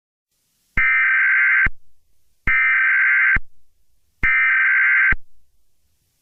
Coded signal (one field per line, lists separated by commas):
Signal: Emergency Alert System (SAME) tones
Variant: header bursts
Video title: Part 3 Of An Preview EAS Scenario (The Forgotten Members)